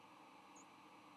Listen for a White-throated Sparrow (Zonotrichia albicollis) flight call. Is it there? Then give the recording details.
no. Another species' flight call is heard. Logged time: 09:59 on 9 November 2014